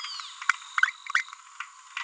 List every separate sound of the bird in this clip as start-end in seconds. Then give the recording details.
1.15-1.23. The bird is a female. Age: 30 days. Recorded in a nest box in Venezuela. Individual 17B42B3